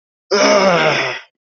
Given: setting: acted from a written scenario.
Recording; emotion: vocal sound without words; disgust